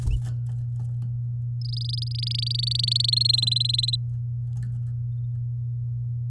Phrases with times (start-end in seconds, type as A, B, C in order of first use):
1.61-3.10 A, 3.12-3.96 B